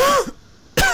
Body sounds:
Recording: coughing mixed with background sound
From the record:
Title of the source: Coughing 51

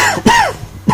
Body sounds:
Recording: coughing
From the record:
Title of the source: Dry Coughing Fit in the Afternoon.

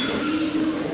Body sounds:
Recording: coughing mixed with background sound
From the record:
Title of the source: Spring Cold Coughing 3

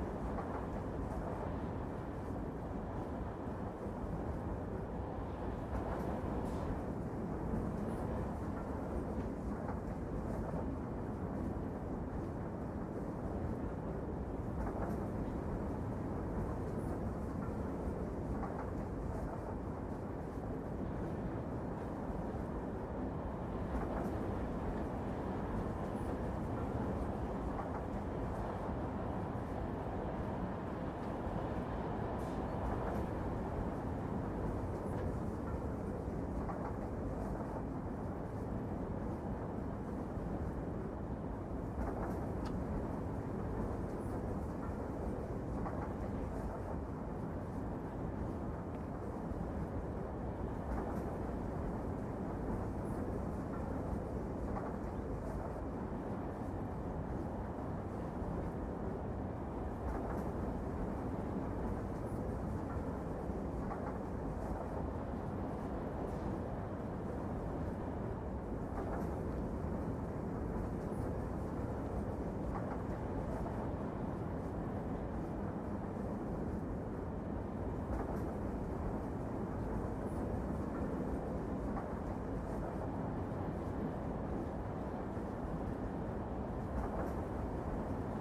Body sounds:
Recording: background sound without coughing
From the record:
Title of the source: Train Ride Ambience ambient white noise for sleeping, focus, studying, reading

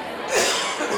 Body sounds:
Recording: coughing mixed with background sound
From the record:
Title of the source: Spring Cold Coughing 2

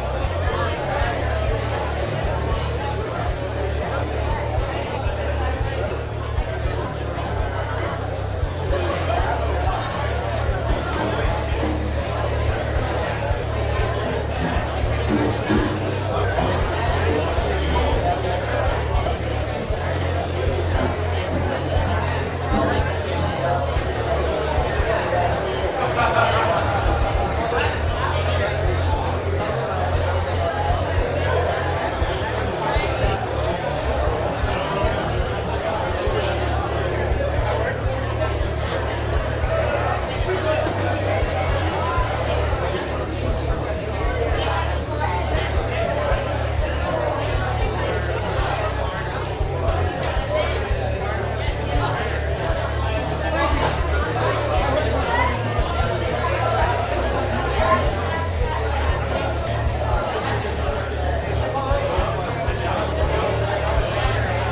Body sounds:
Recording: background sound without coughing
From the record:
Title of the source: CITY SOUNDS Busy Bar in the Evening Night - 2 HOURS of Ambiance for Relaxation

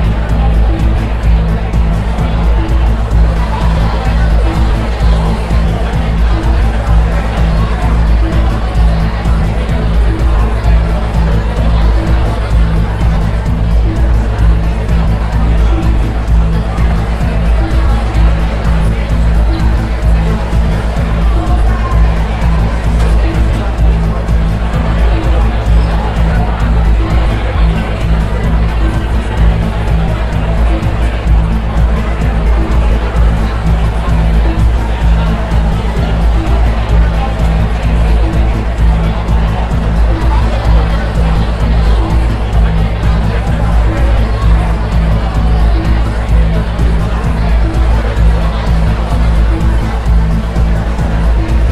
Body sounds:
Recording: background sound without coughing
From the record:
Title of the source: Party Noise 1 Hour Party Ambience

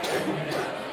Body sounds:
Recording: coughing mixed with background sound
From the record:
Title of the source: 60 coughing still (deep and wet cough)

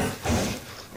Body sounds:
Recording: coughing mixed with background sound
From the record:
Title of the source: Mid-morning Winter Coughing Fit

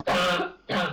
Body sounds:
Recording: coughing mixed with background sound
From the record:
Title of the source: Barking cough - # 10

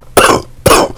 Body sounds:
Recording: coughing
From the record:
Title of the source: Coughing 79

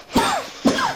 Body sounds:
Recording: coughing mixed with background sound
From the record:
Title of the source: Spring Allergy Coughing

